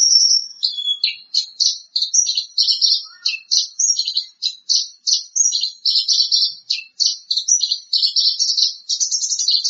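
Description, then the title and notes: Bird delivering a continuous, fast stream of high, scratchy chirps and twittering notes with hardly any pause throughout. "Bird Sound. Kicau Burung Lengkap"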